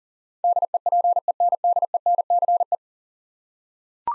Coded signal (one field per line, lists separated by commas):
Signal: Morse code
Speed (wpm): 40 wpm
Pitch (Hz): 700 Hz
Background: none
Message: DEPENDENCE